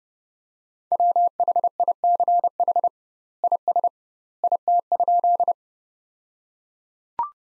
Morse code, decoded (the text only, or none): WHICH IS IT?